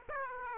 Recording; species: mosquito wingbeat signal from an infrared sensor; Aedes aegypti